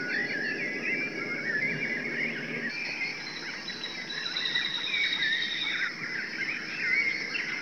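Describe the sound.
Birds chattering in a busy flock, with overlapping short chirps and squeaky notes that keep up steadily the whole time.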